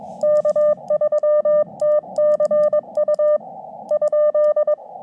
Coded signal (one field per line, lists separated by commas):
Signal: Morse code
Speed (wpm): 21 wpm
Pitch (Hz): 590 Hz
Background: none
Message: K3TCU ?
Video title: Dual Summits on the Air (SOTA) Morse Code activation.